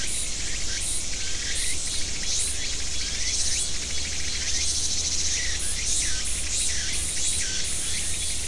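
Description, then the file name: Insects in a steady high, hissing chorus, with short curved chirps repeating at irregular intervals above a constant low rumble. "mainly insect"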